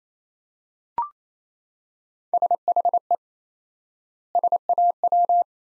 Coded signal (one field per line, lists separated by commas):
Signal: Morse code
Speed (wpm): 28 wpm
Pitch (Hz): 700 Hz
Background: none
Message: SHE SAW